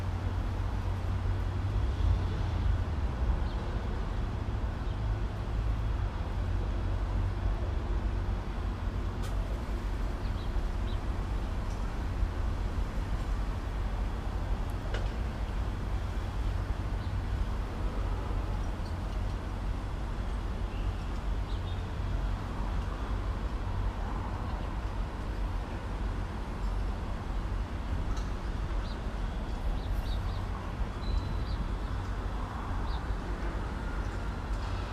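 A steady low rumble of passing rail and traffic fills an urban trail, with faint clanks and brief bright ticks scattered throughout.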